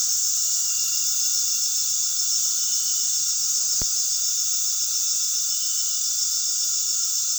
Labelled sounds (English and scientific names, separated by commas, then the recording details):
none
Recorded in pastures near Puerto Asís, Putumayo, Colombia, on 20 February 2024 at 19:30
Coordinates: 0.468, -76.328
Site G6414